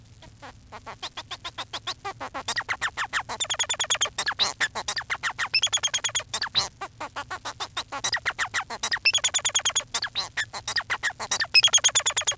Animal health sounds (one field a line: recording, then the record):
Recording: song of a male Bengalese finch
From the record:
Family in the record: son of father 4